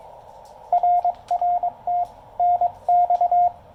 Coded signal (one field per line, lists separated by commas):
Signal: Morse code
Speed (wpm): 21 wpm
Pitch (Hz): 710 Hz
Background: radio noise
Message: RR TNX